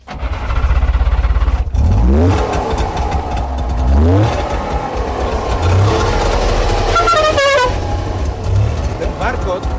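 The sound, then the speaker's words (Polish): The small two-stroke engine of a Syrena, a Polish passenger car, putters and revs loudly, its pitch climbing in a couple of surges, before the car's horn gives a few short, warbling honks over the running motor. “Tak samo ten gang tego silnika syreny powinien być zanotowany w annałach gdzieś tam, bo to jest niepowtarzalne.”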